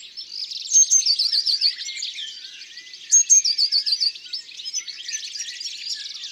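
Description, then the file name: Eurasian blue tit singing phrases, each a few very high thin notes followed by a fast tinkling trill. Simple song, 'titi', like a little burst of laughter. "Mesange bleue ABC des chants doiseaux"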